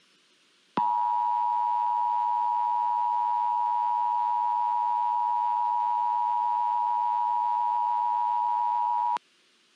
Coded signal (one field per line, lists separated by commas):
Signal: Emergency Alert System (SAME) tones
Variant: 853 and 960 Hz attention tone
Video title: EAS Scenario #3: literal fire storm